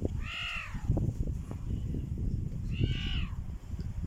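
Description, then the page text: Kodkod calling twice, short arched harmonic meows about two and a half seconds apart, over steady low rustling and rumble. "Leopardus guigna"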